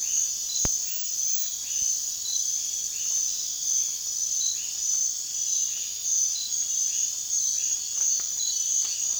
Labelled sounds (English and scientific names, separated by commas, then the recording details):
none
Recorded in dense forest near Puerto Asís, Putumayo, Colombia, on 19 June 2025 at 00:30
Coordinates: 0.466, -76.327
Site GP04